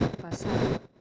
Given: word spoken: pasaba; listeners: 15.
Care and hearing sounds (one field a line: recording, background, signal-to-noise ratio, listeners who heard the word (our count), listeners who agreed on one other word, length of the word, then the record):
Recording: one Spanish word in noise, from a listening test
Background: noise modulated by one talker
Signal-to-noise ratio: -13.0 dB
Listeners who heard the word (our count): 0 of 15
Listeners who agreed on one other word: 8 of 15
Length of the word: 0.61 s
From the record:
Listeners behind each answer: 8, 3, 2, 1, 1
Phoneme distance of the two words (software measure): 20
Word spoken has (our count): 3 syllables, 6 phonemes, stress on syllable 2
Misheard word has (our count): 3 syllables, 6 phonemes, stress on syllable 2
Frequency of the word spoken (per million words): 41.30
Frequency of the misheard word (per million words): 462.01